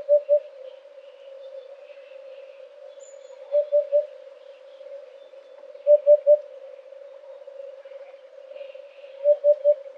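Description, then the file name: Eurasian hoopoe giving hollow hoots in triplets, 'oop-oop-oop', repeated every few seconds over a steady hum. "huppe fasciee"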